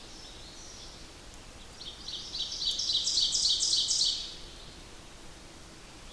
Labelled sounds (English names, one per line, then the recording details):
Ovenbird song
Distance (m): 15 m
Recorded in boreal forest in Alberta, Canada, on 8 June 2016 at 06:55
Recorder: SongMeter 3, array SBT-3-9
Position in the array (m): 47 m, 103 m
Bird 33